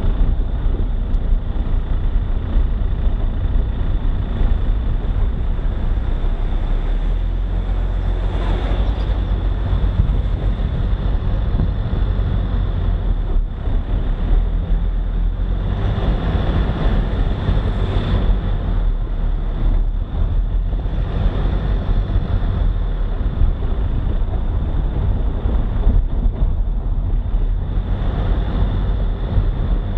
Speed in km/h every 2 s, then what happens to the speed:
23, 21, 20, 24, 28, 28, 26, 29, 31, 30, 33, 32, 30, 32, 32.
4-8 speeds up to 28. 12-20 speeds up to 33. 20-30 steady at about 32.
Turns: none.